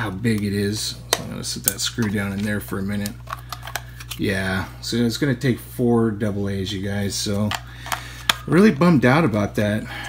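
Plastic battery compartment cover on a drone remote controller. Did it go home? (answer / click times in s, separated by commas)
no / none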